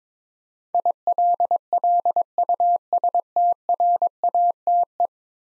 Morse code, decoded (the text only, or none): ILLUSTRATE